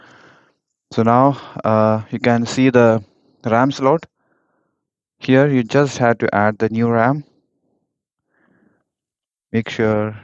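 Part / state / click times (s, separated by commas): RAM module into laptop SODIMM slot / not seated / none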